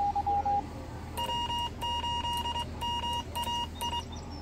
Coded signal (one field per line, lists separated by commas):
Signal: Morse code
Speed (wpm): 23 wpm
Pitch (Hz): 2850 Hz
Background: none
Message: W8MAI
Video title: W8MAI Mobile Tower and CW Operation.